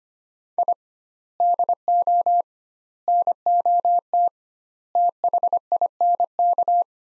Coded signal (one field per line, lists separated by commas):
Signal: Morse code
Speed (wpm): 25 wpm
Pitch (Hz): 700 Hz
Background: none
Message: I DO NOT THINK